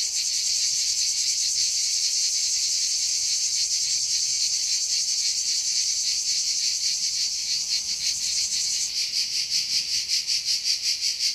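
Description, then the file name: Cicada song: a long steady high buzz that near the end turns into distinct rapid pulses, about three a second. "CHANT CIGALE"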